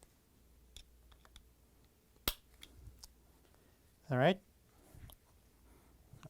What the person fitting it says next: you heard the click that means it's in